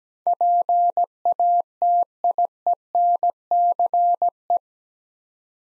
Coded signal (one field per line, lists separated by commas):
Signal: Morse code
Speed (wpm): 17 wpm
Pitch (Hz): 700 Hz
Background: none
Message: PATIENCE